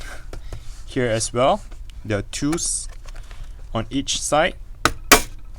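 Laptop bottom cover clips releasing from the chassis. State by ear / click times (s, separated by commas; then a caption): released / 4.8 s, 5.1 s. Someone talks while the second pair of bottom cover clips on a 2018–2019 MacBook Pro A1990 (two clips on each side) is popped open on the other side of the cover. Two sharp, loud pops ring out at 4.9 s and 5.1 s as the clips release from the chassis.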